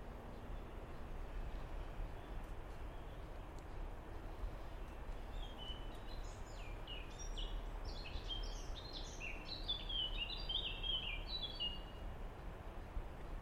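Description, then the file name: Common blackbird song phrase in the second half: a rapid sequence of bright, varied whistled notes and twitters over constant low rumbling noise. "merle"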